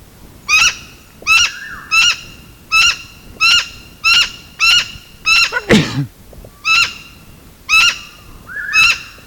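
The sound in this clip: Blue-naped parrot calls: a steady series of loud, harsh, harmonic squawks about every seven-tenths of a second, with a softer descending note and a brief noisy burst midway.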